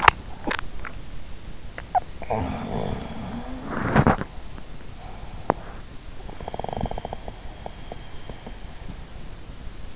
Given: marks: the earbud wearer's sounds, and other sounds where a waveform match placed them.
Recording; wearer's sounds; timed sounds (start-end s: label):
sounds in sleep by an in-ear microphone; swallowing, body movement
0.00-1.18 s: swallowing
2.16-5.39 s: body movement